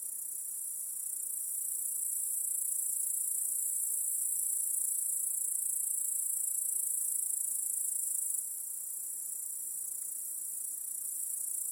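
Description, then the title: Cricket chorus forming an unbroken, very high shimmering drone throughout, louder through the middle before dropping slightly quieter. Backyard crickets chorusing at night. "Crickets in Your Backyard 🏡. Discovering the Sounds of Home"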